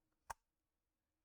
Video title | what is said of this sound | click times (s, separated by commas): Ep 260 EDC What's In Your Pocket | clicks into place you want retention right look at this okay | 0.3 s